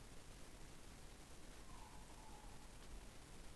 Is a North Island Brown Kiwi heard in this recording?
no